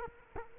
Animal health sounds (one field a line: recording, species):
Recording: mosquito wingbeat signal from an infrared sensor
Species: Culex quinquefasciatus